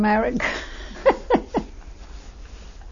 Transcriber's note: she laughs